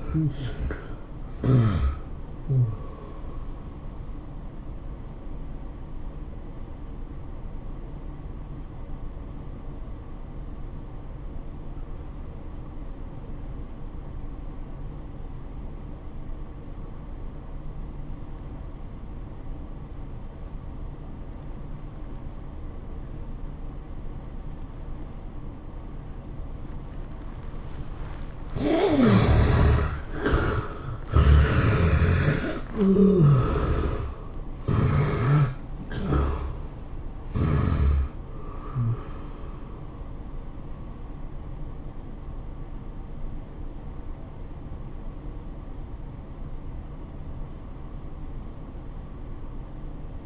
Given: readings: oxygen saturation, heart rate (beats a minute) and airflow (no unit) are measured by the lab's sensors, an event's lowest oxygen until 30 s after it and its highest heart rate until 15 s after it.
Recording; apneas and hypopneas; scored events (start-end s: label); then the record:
a person awake in a sleep study, by a smartphone at the bedside; 1
4.00-29.10 s: hypopnea (N1, oxygen 96% highest, then 72% lowest, heart rate 103 at the start, 107 highest)
5.00-35.00 s: new sleep stage, awake
9.00-38.00 s: awake
35.00-50.26 s: new sleep stage, N1 (lightest sleep)
From the record:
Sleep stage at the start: N1 (lightest sleep); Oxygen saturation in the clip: 70 to 96%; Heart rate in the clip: 83 to 107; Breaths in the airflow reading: 7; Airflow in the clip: -11.3 to 12.1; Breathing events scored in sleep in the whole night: 403 in 5.5 hours asleep